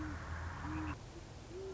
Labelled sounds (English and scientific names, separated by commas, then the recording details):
Great Horned Owl (Bubo virginianus)
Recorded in Sonoma County, California